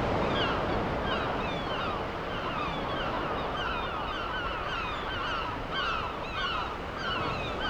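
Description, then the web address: Gulls giving repeated cries against constant breaking waves. Gulls with ocean waves, ambient seaside sound. "Deezer - Dormir au bord de l'océan 32-Vagues et mouettes"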